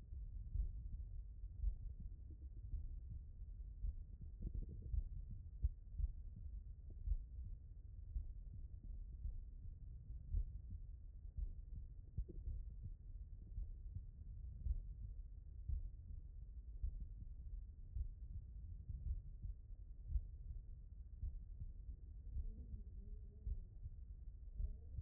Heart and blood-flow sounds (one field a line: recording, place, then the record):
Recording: heart sounds by stethoscope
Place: mitral valve (MV)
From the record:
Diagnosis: non-HFrEF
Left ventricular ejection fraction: 75%